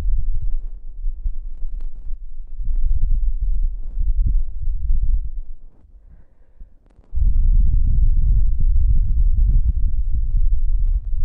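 Close breath sounds right by the ear, a soft, low rushing that swells and fades in slow waves. The breathing dips almost to silence from about five to seven seconds, then returns stronger and fuller, with faint light rustles on top.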